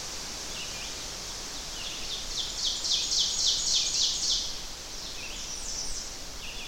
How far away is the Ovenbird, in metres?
about 20 m